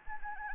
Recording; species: mosquito wingbeat signal from an infrared sensor; Anopheles gambiae